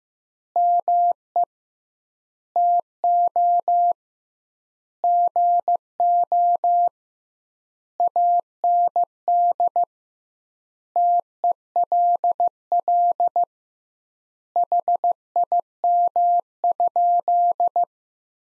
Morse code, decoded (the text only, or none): ME TO GO AND TELL HIM?